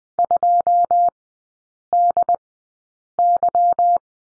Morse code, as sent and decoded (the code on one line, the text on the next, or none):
..--- -.. -.--
2DY